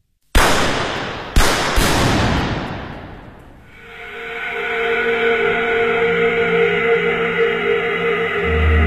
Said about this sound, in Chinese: 这是血腥的一天，上海街头枪声大作，300多人被杀，500多人被捕，数千人失踪